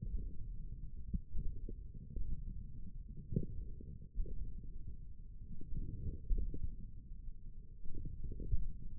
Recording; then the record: forearm muscle sounds (acoustic myography)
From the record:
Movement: wrist flexion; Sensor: system 1, eight BSWA MPA416 microphones around the upper forearm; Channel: 1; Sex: male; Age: 42 years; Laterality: right